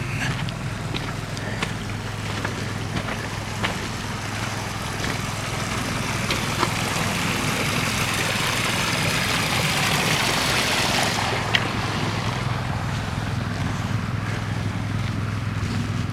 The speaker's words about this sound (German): Ja, und hier läuft das Wasser in undefinierte Gefilde, irgendwo zwischen den Steinen weg oder in irgendwelche Löcher.